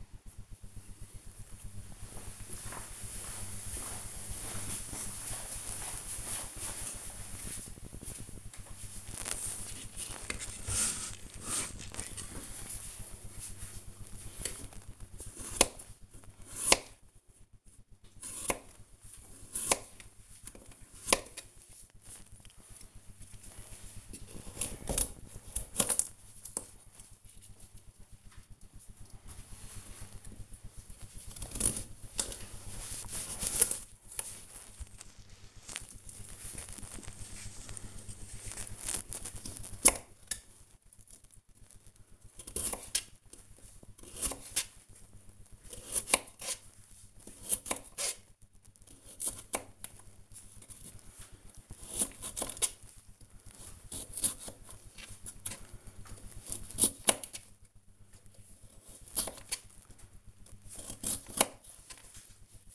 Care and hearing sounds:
household activities, microphone on the right wrist
8.54-62.75 s: cutting vegetables

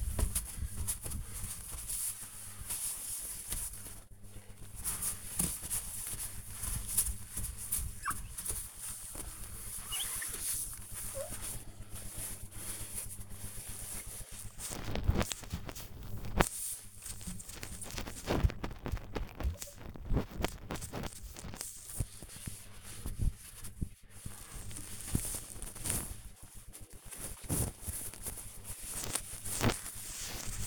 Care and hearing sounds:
household activities, microphone on the right wrist
0.00-30.67 s: window cleaning

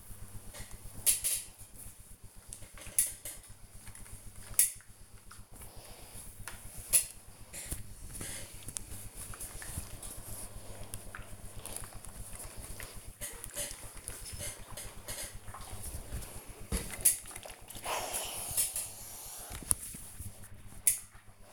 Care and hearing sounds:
household activities, microphone on the right wrist
0.00-21.53 s: ironing laundry

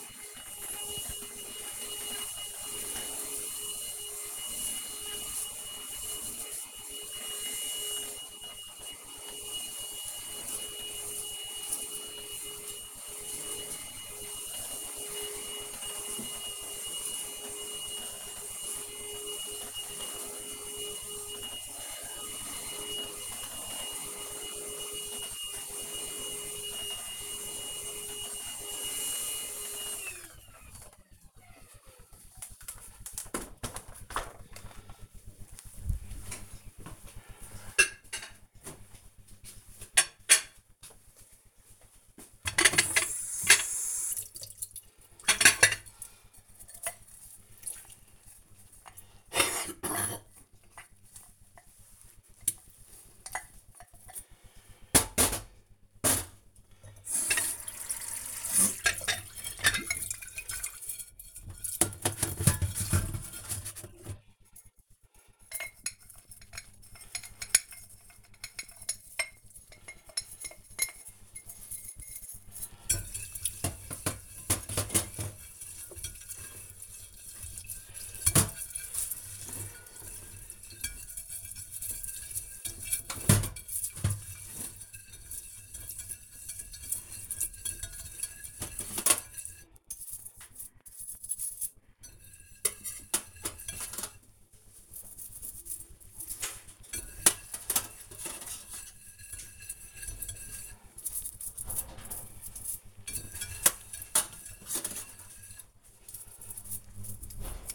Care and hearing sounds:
household activities, microphone on the right wrist
0.00-29.96 s: vacuum cleaning
43.08-107.75 s: washing dishes

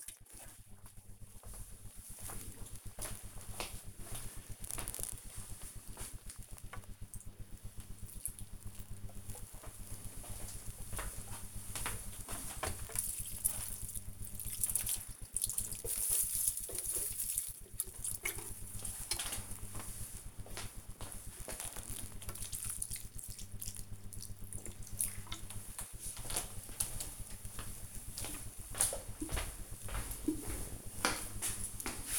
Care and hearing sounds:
household activities, microphone on the right wrist
0.00-32.19 s: watering plant

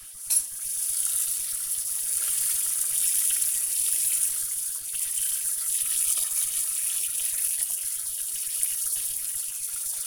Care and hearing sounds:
household activities, microphone on the right wrist
0.00-10.07 s: washing dishes

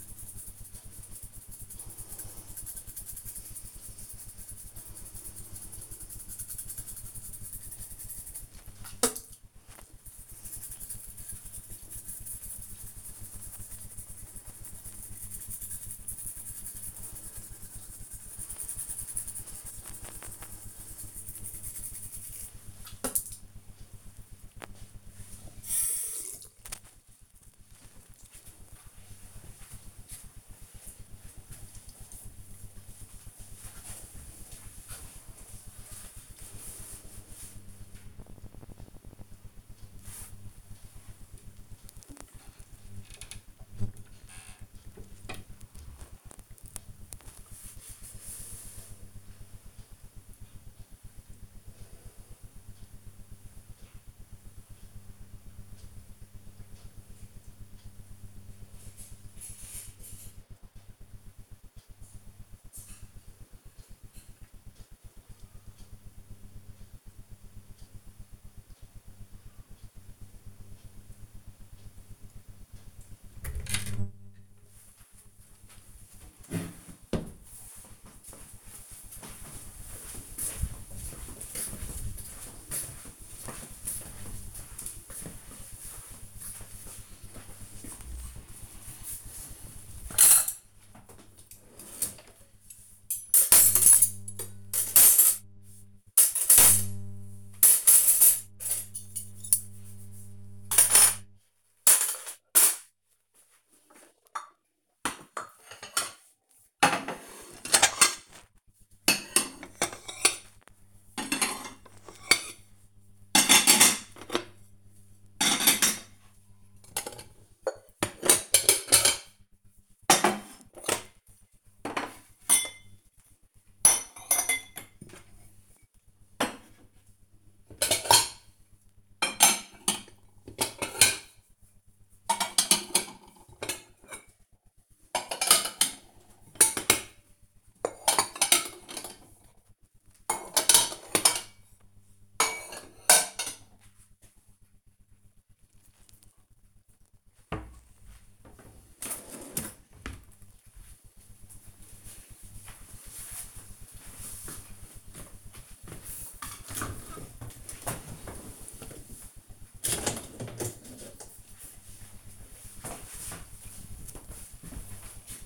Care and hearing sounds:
household activities, microphone on the right wrist
0.00-27.28 s: brushing teeth
86.77-149.24 s: putting away the dishes
154.27-165.46 s: cleaning out the dishwasher

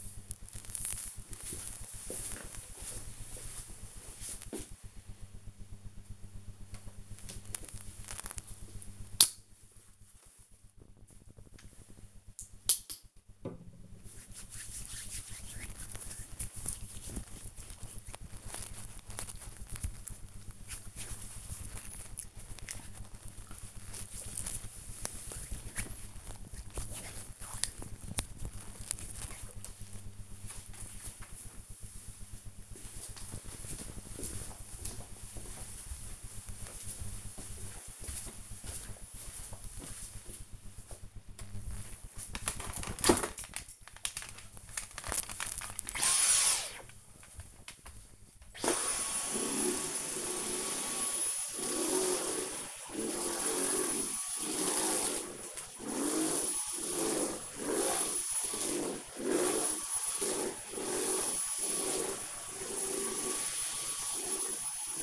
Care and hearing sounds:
household activities, microphone on the right wrist
6.25-29.38 s: disinfecting hands
41.41-65.03 s: vacuum cleaning

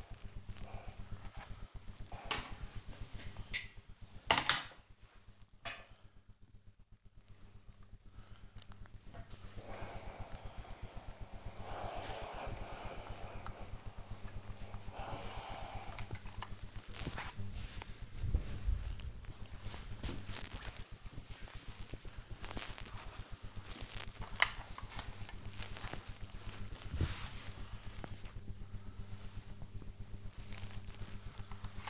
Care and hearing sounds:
household activities, microphone on the right wrist
0.00-31.90 s: ironing laundry

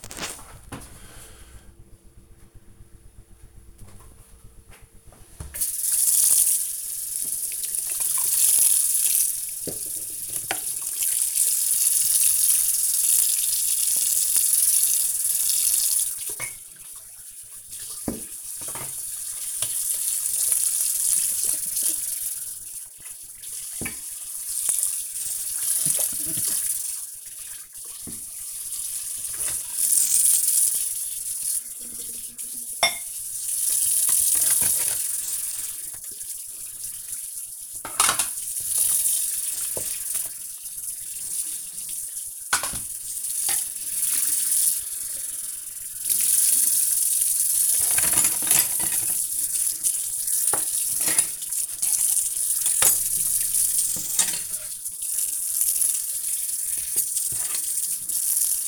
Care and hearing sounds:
household activities, microphone on the right wrist
3.66-58.67 s: washing dishes

